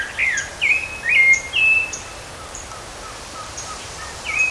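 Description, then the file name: Rufous-bellied thrush giving four quick, dipping warbled phrases, a pause, then another phrase at the end. Recorded at Parque do Caracol, Canela, Rio Grande do Sul, Brazil, on 30 October 2013. "Turdus-rufiventris-Pq Caracol Canela RS-30-10-13-ASilveira"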